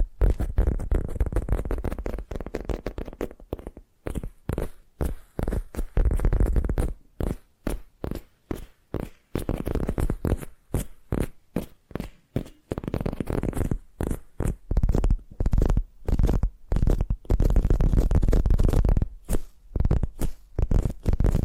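Addictive tapping triggers: quick, dense bursts of tapping with brief silent gaps, mostly low and full, pausing more often around four and twelve seconds.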